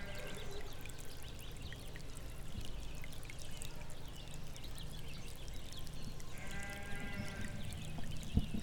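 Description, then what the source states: Sheep bleating once, a wavering harmonic cry late, over a steady low rumble and broad rushing noise throughout. Sheep in open land.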